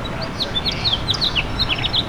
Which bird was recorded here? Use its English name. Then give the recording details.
House Finch. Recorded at Bay Shore on Long Island, New York, on 29 May 2013. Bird G